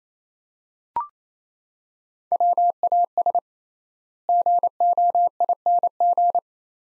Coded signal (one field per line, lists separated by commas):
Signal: Morse code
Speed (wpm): 28 wpm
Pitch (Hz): 700 Hz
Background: none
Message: WAS GOING